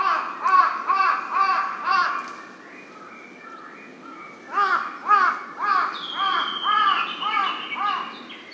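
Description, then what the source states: Large-billed crow calling in two bouts of rapid, rough caws about two per second, separated by a pause, with a high whistling bird in the background. Recorded 23 May 2007.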